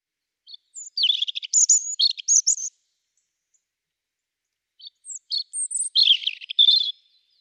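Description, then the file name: European robin song: a pair of high, tinkling phrases mixing sharp whistled notes with quick twittering runs, split by a pause of roughly two seconds. "Erithacus rubecula"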